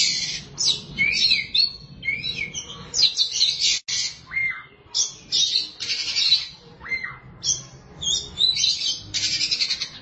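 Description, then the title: Oriental magpie-robin delivering varied song, scratchy high phrases mixed with clear slurred whistles. "Suara Kicauan Burung Kacer"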